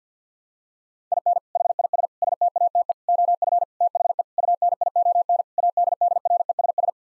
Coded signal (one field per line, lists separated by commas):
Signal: Morse code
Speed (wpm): 50 wpm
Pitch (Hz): 700 Hz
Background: none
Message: IN HIS STATE OF THE UNION ADDRESS